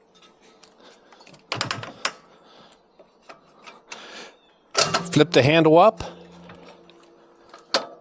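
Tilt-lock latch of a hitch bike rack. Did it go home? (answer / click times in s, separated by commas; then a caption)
yes / 7.7 s. Someone talks while working the tilt-lock latch of a NAKTO hitch bike rack, with clattering metal knocks around 1.5–2.1 s. After the rack is tilted, the release handle is flipped up and the tilt lock engages with a sharp metal click at 7.7 s, seating the rack securely in place.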